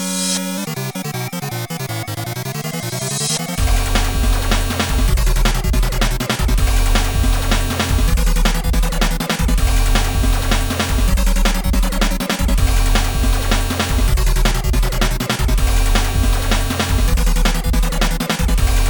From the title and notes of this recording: My 2600. The sounds of my very first video game console.